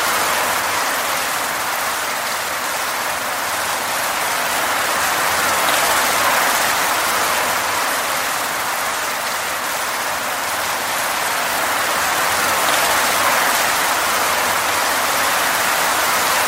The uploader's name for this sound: Tranquil Rain Dreamscape with Light Rain Ambience